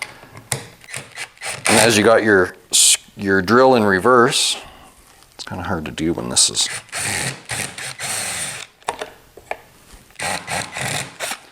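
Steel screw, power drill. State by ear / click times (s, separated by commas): stripped / none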